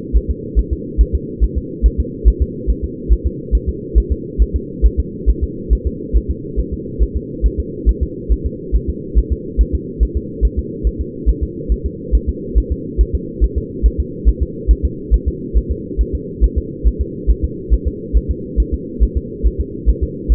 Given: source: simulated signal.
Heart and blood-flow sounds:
fetal heart sounds
0.17 s: S1
0.31 s: S2
0.59 s: S1
0.73 s: S2
1.01 s: S1
1.15 s: S2
1.44 s: S1
1.58 s: S2
1.86 s: S1
2.00 s: S2
2.28 s: S1
2.42 s: S2
2.70 s: S1
2.84 s: S2
3.12 s: S1
3.26 s: S2
3.55 s: S1
3.69 s: S2
3.98 s: S1
4.12 s: S2
4.42 s: S1
4.56 s: S2
4.86 s: S1
5.00 s: S2
5.29 s: S1
5.44 s: S2
5.73 s: S1
5.87 s: S2
6.16 s: S1
6.30 s: S2
6.60 s: S1
6.74 s: S2
7.03 s: S1
7.17 s: S2
7.46 s: S1
7.60 s: S2
7.89 s: S1
8.03 s: S2
8.32 s: S1
8.46 s: S2
8.76 s: S1
8.89 s: S2
9.18 s: S1
9.32 s: S2
9.61 s: S1
9.75 s: S2
10.03 s: S1
10.17 s: S2
10.45 s: S1
10.59 s: S2
10.87 s: S1
11.01 s: S2
11.29 s: S1
11.43 s: S2
11.72 s: S1
11.86 s: S2
12.15 s: S1
12.29 s: S2
12.58 s: S1
12.72 s: S2
13.01 s: S1
13.15 s: S2
13.44 s: S1
13.58 s: S2
13.86 s: S1
14.00 s: S2
14.28 s: S1
14.42 s: S2
14.71 s: S1
14.85 s: S2
15.14 s: S1
15.28 s: S2
15.57 s: S1
15.71 s: S2
16.01 s: S1
16.15 s: S2
16.44 s: S1
16.58 s: S2
16.87 s: S1
17.01 s: S2
17.30 s: S1
17.44 s: S2
17.73 s: S1
17.88 s: S2
18.17 s: S1
18.31 s: S2
18.60 s: S1
18.74 s: S2
19.03 s: S1
19.17 s: S2
19.47 s: S1
19.60 s: S2
19.89 s: S1
20.03 s: S2
20.32 s: S1
From the record:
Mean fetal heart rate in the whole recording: 140 bpm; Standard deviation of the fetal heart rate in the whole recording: 2 bpm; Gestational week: 34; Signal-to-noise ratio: -4.1 dB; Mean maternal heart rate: no maternal heart sound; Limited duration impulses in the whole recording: absent

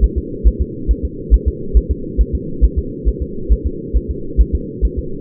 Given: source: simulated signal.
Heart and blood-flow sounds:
fetal heart sounds
0.04 s: S1
0.18 s: S2
0.47 s: S1
0.61 s: S2
0.91 s: S1
1.05 s: S2
1.34 s: S1
1.48 s: S2
1.77 s: S1
1.91 s: S2
2.21 s: S1
2.35 s: S2
2.64 s: S1
2.79 s: S2
3.08 s: S1
3.23 s: S2
3.52 s: S1
3.67 s: S2
3.97 s: S1
4.11 s: S2
4.41 s: S1
4.55 s: S2
4.85 s: S1
4.99 s: S2
From the record:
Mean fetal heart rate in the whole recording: 135 bpm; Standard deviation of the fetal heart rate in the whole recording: 3 bpm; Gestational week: 34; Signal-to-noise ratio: -4.3 dB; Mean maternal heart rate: 72 bpm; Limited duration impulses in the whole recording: absent

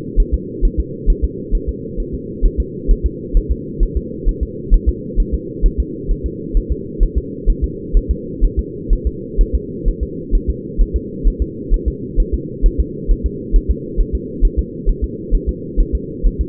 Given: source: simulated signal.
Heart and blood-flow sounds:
fetal heart sounds
0.20 s: S1
0.34 s: S2
0.65 s: S1
0.80 s: S2
1.10 s: S1
1.24 s: S2
1.55 s: S1
1.69 s: S2
2.00 s: S1
2.14 s: S2
2.45 s: S1
2.60 s: S2
2.91 s: S1
3.06 s: S2
3.37 s: S1
3.52 s: S2
3.83 s: S1
3.97 s: S2
4.29 s: S1
4.43 s: S2
4.74 s: S1
4.89 s: S2
5.20 s: S1
5.34 s: S2
5.66 s: S1
5.80 s: S2
6.11 s: S1
6.26 s: S2
6.57 s: S1
6.72 s: S2
7.03 s: S1
7.18 s: S2
7.49 s: S1
7.64 s: S2
7.97 s: S1
8.11 s: S2
8.45 s: S1
8.59 s: S2
8.93 s: S1
9.07 s: S2
9.41 s: S1
9.55 s: S2
9.88 s: S1
10.03 s: S2
10.35 s: S1
10.50 s: S2
10.81 s: S1
10.96 s: S2
11.27 s: S1
11.42 s: S2
11.74 s: S1
11.88 s: S2
12.20 s: S1
12.34 s: S2
12.66 s: S1
12.80 s: S2
13.11 s: S1
13.26 s: S2
13.56 s: S1
13.71 s: S2
14.00 s: S1
14.15 s: S2
14.45 s: S1
14.59 s: S2
14.89 s: S1
15.04 s: S2
15.35 s: S1
15.49 s: S2
15.80 s: S1
15.95 s: S2
16.27 s: S1
16.41 s: S2
From the record:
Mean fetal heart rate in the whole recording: 130 bpm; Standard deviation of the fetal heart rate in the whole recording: 4 bpm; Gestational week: 38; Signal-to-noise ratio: -4.1 dB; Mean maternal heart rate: no maternal heart sound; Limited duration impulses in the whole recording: absent

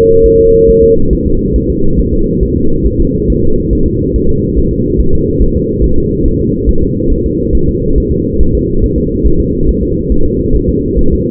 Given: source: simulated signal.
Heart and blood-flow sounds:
fetal heart sounds
0.26 s: S1
0.40 s: S2
0.69 s: S1
0.83 s: S2
1.13 s: S1
1.27 s: S2
1.56 s: S1
1.70 s: S2
1.99 s: S1
2.14 s: S2
2.43 s: S1
2.57 s: S2
2.86 s: S1
3.00 s: S2
3.30 s: S1
3.44 s: S2
3.73 s: S1
3.87 s: S2
4.16 s: S1
4.30 s: S2
4.58 s: S1
4.72 s: S2
5.00 s: S1
5.15 s: S2
5.42 s: S1
5.56 s: S2
5.84 s: S1
5.98 s: S2
6.26 s: S1
6.40 s: S2
6.69 s: S1
6.83 s: S2
7.12 s: S1
7.26 s: S2
7.55 s: S1
7.69 s: S2
7.98 s: S1
8.12 s: S2
8.41 s: S1
8.55 s: S2
8.84 s: S1
8.98 s: S2
9.26 s: S1
9.40 s: S2
9.69 s: S1
9.83 s: S2
10.12 s: S1
10.26 s: S2
10.55 s: S1
10.70 s: S2
10.99 s: S1
11.13 s: S2
From the record:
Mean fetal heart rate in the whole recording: 140 bpm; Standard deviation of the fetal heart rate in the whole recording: 2 bpm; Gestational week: 34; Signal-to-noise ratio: -17.7 dB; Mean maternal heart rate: 72 bpm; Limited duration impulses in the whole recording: present

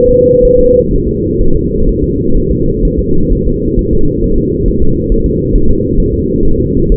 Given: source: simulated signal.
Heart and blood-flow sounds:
fetal heart sounds
0.11 s: S2
0.45 s: S1
0.59 s: S2
0.93 s: S1
1.08 s: S2
1.41 s: S1
1.56 s: S2
1.89 s: S1
2.04 s: S2
2.37 s: S1
2.51 s: S2
2.85 s: S1
2.99 s: S2
3.32 s: S1
3.47 s: S2
3.79 s: S1
3.93 s: S2
4.24 s: S1
4.38 s: S2
4.68 s: S1
4.82 s: S2
5.12 s: S1
5.26 s: S2
5.55 s: S1
5.70 s: S2
6.00 s: S1
6.14 s: S2
6.45 s: S1
6.60 s: S2
6.92 s: S1
From the record:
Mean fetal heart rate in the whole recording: 130 bpm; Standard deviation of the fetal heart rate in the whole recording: 4 bpm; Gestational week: 38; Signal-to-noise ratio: -19.1 dB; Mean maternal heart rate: 72 bpm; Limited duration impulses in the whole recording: present

